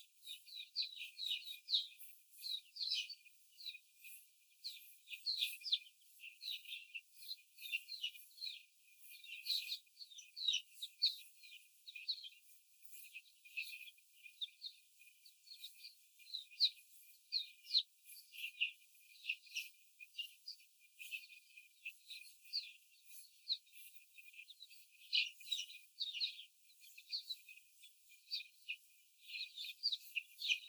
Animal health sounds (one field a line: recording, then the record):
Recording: young laying hens in a cage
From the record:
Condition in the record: before the stressor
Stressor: simulated dog barking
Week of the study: 4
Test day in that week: 1